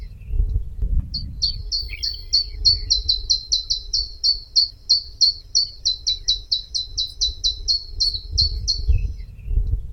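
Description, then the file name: Common chiffchaff singing a rapid, steady series of high, similar notes for about eight seconds, with low rumbling background noise. "zilpzalp"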